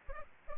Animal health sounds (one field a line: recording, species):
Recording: mosquito wingbeat signal from an infrared sensor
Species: Aedes aegypti